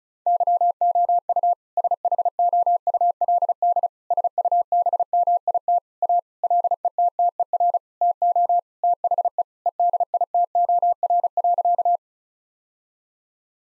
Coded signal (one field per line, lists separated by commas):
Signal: Morse code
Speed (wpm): 36 wpm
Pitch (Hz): 700 Hz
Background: none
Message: YOU SHOULD SUBMIT A LETTER TO THE EDITOR.